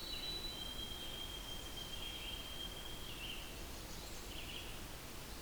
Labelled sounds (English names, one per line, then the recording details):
Red-eyed Vireo song
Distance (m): 95 m
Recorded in boreal forest in Alberta, Canada, on 20 June 2016 at 06:19
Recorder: SongMeter 3, array SBT-6-81
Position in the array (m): 129 m, 121 m